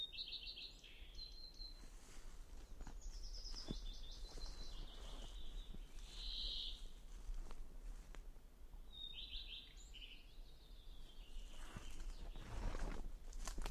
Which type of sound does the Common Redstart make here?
song